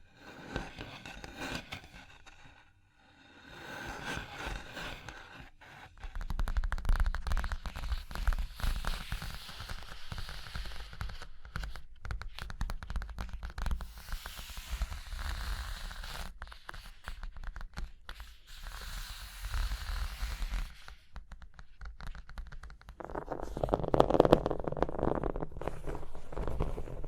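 Fingers tap, scratch and trace across a surface in a dense, busy patter of small clicks and rasping strokes that runs the whole time. The sound thins out briefly near the third second, then grows fuller and rougher, with a louder, lower rubbing burst around the twenty-fourth second.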